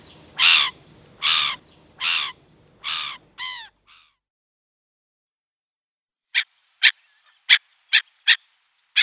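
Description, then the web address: Black-headed Gull calls, four hoarse squawks and a short nasal note, a pause, then a row of brief, sharp clipped notes. "Schulze Peter Black-headed Gull"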